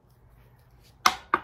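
A second battery for a Haoqi Antelope Fat Tire ebike is pushed into its frame battery mount after the switch is turned to the side and locked with the key. After a quiet stretch, two sharp clicks ring out at 1.1 s and 1.3 s. The battery is seated in the mount.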